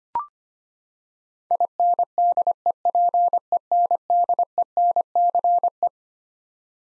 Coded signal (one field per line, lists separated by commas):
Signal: Morse code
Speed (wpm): 25 wpm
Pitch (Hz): 700 Hz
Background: none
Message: INDEPENDENCE